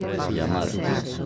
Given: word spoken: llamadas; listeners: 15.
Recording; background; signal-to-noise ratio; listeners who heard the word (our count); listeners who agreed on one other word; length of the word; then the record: one Spanish word in noise, from a listening test; eight-talker babble; -3.1 dB; 3 of 15; 6 of 15; 0.86 s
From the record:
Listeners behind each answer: 6, 3, 3, 1, 1, 1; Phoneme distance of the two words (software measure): 24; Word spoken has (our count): 3 syllables, 7 phonemes, stress on syllable 2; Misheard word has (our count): 2 syllables, 5 phonemes, stress on syllable 2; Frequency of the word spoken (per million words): 35.64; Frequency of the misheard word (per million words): 53.29